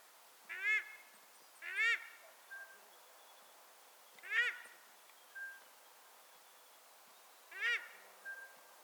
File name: paradise shelduck